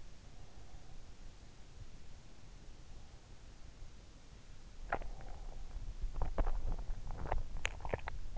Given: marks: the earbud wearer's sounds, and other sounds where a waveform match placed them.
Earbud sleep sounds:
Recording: sounds in sleep by an in-ear microphone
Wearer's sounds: breath, teeth grinding, swallowing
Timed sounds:
0.37-1.40 s: breath
4.86-8.38 s: teeth grinding
7.02-8.23 s: swallowing

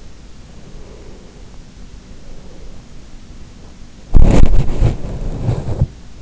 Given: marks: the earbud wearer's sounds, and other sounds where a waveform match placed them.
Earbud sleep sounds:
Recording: sounds in sleep by an in-ear microphone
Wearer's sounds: breath, body movement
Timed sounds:
0.42-2.84 s: breath
3.99-6.12 s: body movement

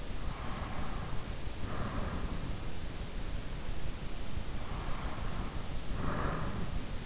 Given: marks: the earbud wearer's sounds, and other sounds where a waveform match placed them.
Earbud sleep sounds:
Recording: sounds in sleep by an in-ear microphone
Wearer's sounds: breath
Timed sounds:
0.27-2.66 s: breath
4.89-6.83 s: breath

